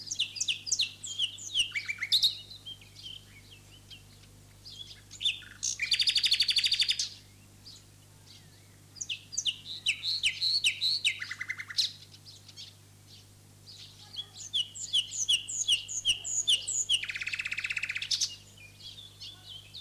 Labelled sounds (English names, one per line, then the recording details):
Common Nightingale song
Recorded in the wild
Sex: male
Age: adult
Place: Lübars, Sprintsteig, Berlin, DE
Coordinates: 52.6167, 13.3481
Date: 2006-04-30 19:24
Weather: sunny, 12°C
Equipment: Grundig CR 110, Sennheiser ME 80, Kopie Uher 4000 Report Monitor
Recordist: Tembrock, Günter